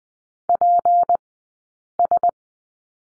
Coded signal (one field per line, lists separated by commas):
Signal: Morse code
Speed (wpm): 20 wpm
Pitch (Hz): 700 Hz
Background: none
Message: PS